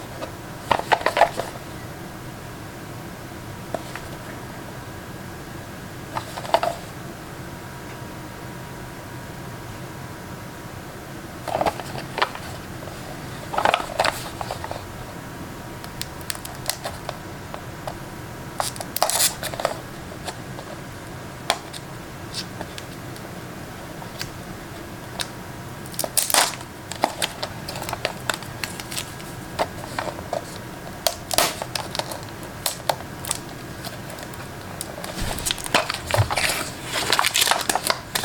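A blank cassette is unwrapped and opened, with sharp crinkles, clicks and plastic snaps at irregular moments.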